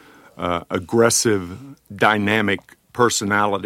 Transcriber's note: none